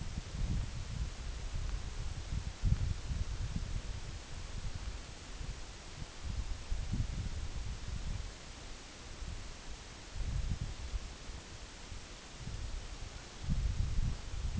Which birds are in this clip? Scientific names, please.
none